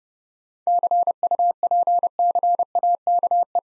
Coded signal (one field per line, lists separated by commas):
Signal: Morse code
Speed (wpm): 30 wpm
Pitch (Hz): 700 Hz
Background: none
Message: CUPCAKE